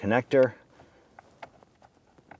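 Someone talks briefly at the start as the plastic electrical wiring harness connector for the HVAC blower motor on a 2007-2012 Nissan Versa is grabbed and moved into position, ahead of being installed into the top of the blower motor and pushed down. Faint, scattered handling ticks and taps follow. Nothing has seated or clicked yet.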